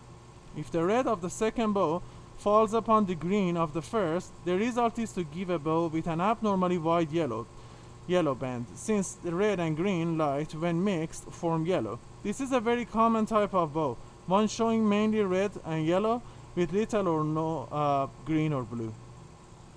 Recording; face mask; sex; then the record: reading aloud; surgical mask; male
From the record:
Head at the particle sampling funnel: tilted down, bridge of the nose in front of it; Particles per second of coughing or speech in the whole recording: 2.92